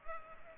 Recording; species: mosquito wingbeat signal from an infrared sensor; Culex pipiens